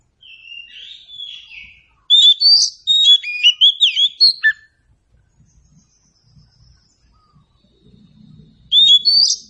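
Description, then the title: Oriental Magpie-Robin song beginning with soft whistles, then a loud burst of rapid varied chirps and whistles, a silent stretch, and another phrase starting at the end. Meant to prompt a bird to sing in reply. "Nyaut Kacer"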